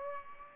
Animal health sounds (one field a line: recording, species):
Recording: mosquito wingbeat signal from an infrared sensor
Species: Aedes aegypti